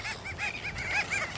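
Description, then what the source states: Bridled tern giving short, yapping calls in a quick series of several notes. Birds fishing over the water and perched near the lookout at Porpoise Bay, Rottnest Island, Western Australia.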